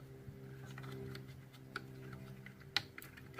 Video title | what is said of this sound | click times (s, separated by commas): Patriot Prime Reviews Very First Review; Shockwave Labs Titans Return Overlord Upgrade Set From 2017 | and snaps into place | 2.8 s